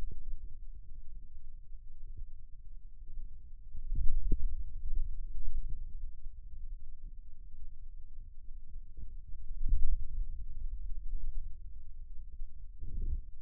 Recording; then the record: forearm muscle sounds (acoustic myography)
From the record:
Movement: finger pinch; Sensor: system 2, bracelet of six BSWA MPA416 microphones around the upper forearm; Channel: 1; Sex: male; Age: 22 years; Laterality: right